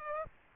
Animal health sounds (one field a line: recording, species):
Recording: mosquito wingbeat signal from an infrared sensor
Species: Culex pipiens